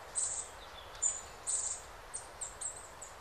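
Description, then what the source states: Bird chirps, very high and thin, short bright notes repeated at uneven intervals over a steady hiss. Several birds singing in a calm forest during the day.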